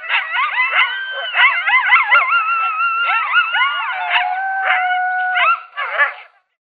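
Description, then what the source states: Coyotes howling and yipping together, warbling rising and falling tones over short sharp yips, ending with a long level howl and a final yelp. Coyote locator call.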